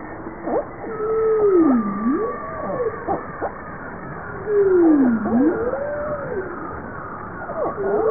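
Bowhead whale calls: two drawn-out moans sweep down to a low dip and curve back up, a few seconds apart.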